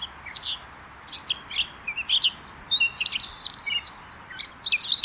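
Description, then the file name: Eurasian blackcap song: scratchy high warble with some drawn-out buzzy notes, steady throughout. "Sylvia atricapilla"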